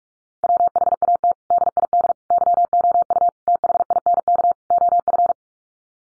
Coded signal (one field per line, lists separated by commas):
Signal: Morse code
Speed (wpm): 44 wpm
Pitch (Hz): 700 Hz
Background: none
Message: WHAT DID YOU THINK OF